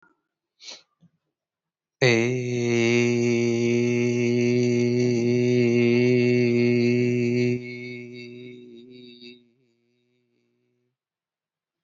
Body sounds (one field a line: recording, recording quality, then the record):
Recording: sustained vowel as in made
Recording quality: excellent, no background noise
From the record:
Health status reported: healthy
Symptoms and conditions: none ticked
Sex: male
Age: 42 years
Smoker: not ticked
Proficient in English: yes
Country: India